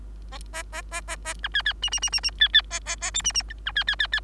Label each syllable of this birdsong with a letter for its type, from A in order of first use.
A A A A A B C C D D D D D C C A A A E D D B C C C C